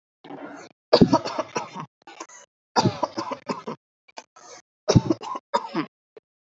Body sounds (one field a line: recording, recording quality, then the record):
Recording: shallow voluntary cough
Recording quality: excellent, no background noise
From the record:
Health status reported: healthy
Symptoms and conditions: none ticked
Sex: male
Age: 30 years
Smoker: yes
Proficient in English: yes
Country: India